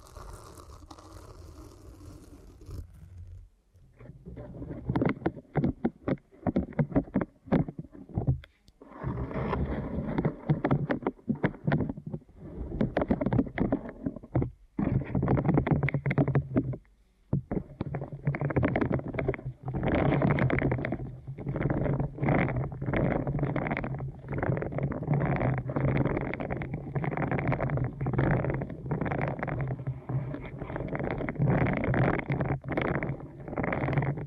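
Deep ear canal massage: muffled, rumbling rubbing presses against the mic, dense and mostly low and dull. After a softer hissy opening of about three seconds, the strokes run almost continuously, broken by brief silences every second or two, with a longer pause near seventeen seconds.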